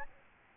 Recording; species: mosquito wingbeat signal from an infrared sensor; Aedes albopictus